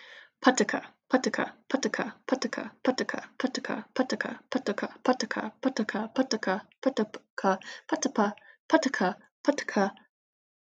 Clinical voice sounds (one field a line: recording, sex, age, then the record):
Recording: repeated syllables /pa ta ka/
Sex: female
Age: 20 to 29 years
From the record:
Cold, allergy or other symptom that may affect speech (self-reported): no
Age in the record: 29 years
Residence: Pennsylvania, United States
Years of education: 16